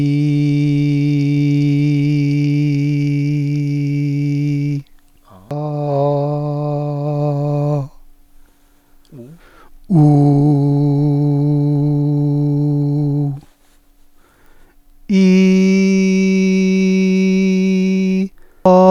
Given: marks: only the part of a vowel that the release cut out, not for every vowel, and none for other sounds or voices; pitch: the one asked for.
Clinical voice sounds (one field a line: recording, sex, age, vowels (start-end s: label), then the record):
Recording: sustained vowels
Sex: male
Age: 60 to 69 years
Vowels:
0.00-1.95 s: vowel /i/, normal pitch
5.67-7.60 s: vowel /a/, normal pitch
10.55-11.79 s: vowel /u/, normal pitch
16.74-18.12 s: vowel /i/, high pitch
From the record:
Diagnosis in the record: healthy voice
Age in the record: 61 years